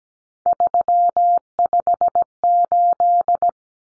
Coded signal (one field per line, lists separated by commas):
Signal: Morse code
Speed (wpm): 17 wpm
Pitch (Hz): 700 Hz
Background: none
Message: 358